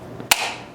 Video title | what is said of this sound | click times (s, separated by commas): Non-Restricted Class Firearms Lots #51-73 August 2020 Auction | snaps into place very impressive | 0.3 s